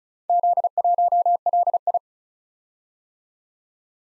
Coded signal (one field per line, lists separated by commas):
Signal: Morse code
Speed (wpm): 36 wpm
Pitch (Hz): 700 Hz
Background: none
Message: Z1LI